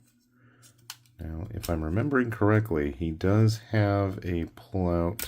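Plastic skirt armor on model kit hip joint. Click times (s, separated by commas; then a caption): 0.9 s. A plastic skirt armor piece on a 1/100 model kit is pushed onto its hip ball/cap joint, and it snaps on sharply at 0.9 s. The armor seats with a nice snap but doesn't lock in and pops off easily. Afterward, someone talks.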